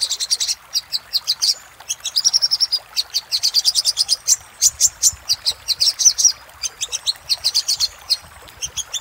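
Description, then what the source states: Little spiderhunter singing a fast series of high, clipped notes, sometimes in short trills, with only brief breaks. Used for training cage birds.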